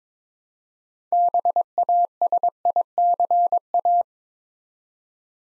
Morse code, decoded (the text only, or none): BASICA